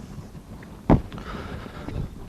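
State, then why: Not seated. A removable plastic skeg (fin) is picked up and lined up to go into the fin track under a Sea Eagle Longboard inflatable stand-up paddle board. A loud dull knock lands at about 0.9 s, with small handling taps around 0.6 s and 1.1–1.2 s over a low background rumble. The retaining clip has not been pushed in yet, so nothing has seated or clicked.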